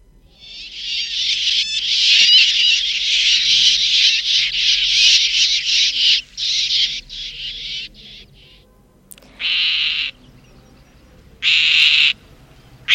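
A southern grey shrike gives a loud, harsh, grating call: a long raspy rattle that breaks into shorter bursts, then two separate scratchy screeches, with no talking.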